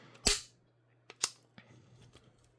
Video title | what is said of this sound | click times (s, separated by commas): Finally Finishing Up My Network Rack - Ubiquiti 24 Port Switch | into the keystone, and you're going to hear it pop once you put enough pressure. | 0.3 s